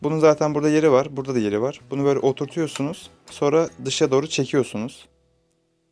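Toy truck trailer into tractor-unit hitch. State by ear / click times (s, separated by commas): not seated / none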